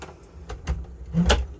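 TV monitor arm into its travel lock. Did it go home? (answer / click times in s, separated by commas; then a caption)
yes / 1.3 s. A swinging TV monitor arm is pushed back into its travel-safe lock, making soft sliding and rattling sounds. One loud knock at 1.3 s marks it locking into the travel position, seated and ready for the road.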